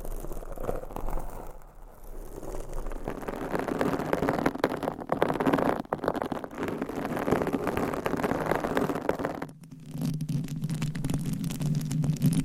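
Scratching and rubbing run almost without pause, a dense, rough texture scattered with quick taps. Brief quiet gaps come near 2, 6 and 9.5 seconds, and after about ten seconds a steady low hum sits under the scratching to the end.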